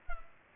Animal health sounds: mosquito wingbeat signal from an infrared sensor; Culex pipiens

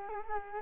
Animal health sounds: mosquito wingbeat signal from an infrared sensor; Culex quinquefasciatus

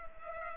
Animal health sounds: mosquito wingbeat signal from an infrared sensor; Culex pipiens

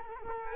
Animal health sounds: mosquito wingbeat signal from an infrared sensor; Culex quinquefasciatus

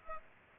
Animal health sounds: mosquito wingbeat signal from an infrared sensor; Aedes aegypti

